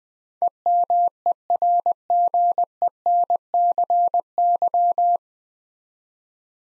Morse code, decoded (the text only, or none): EMERGENCY